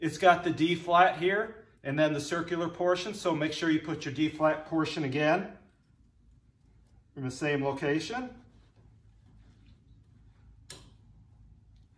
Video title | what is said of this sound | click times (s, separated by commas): Inspecting car trailer brakes or electric brakes in general | and snap it on this snapped in place so the nut won't back up on us | 10.7 s